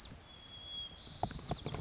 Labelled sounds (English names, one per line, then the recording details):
White-crowned Sparrow
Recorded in Sonoma County, California